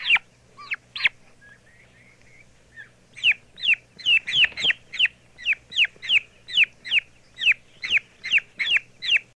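Turkey chicks peeping: a few scattered high calls, a short pause, then a steady, rapid run of many sharp peeps.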